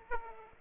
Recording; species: mosquito wingbeat signal from an infrared sensor; Aedes aegypti